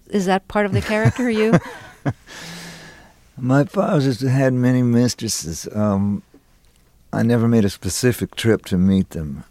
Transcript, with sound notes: Is that part of the character you?
(Laughter) My father's had many mistresses. I never made a specific trip to meet them.